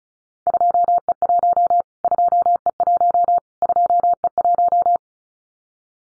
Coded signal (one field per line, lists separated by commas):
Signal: Morse code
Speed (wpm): 34 wpm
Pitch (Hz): 700 Hz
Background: none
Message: 2E1 2E1 2E1